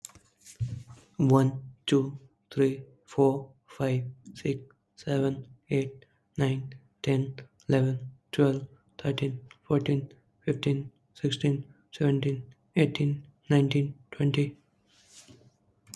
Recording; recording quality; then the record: counting at a normal pace; excellent, no background noise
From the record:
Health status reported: exposed to COVID-19, no respiratory illness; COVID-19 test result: negative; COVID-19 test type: RT-PCR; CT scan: not taken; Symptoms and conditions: cough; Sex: male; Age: 26 years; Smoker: yes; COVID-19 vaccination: both doses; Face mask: not worn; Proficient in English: yes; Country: India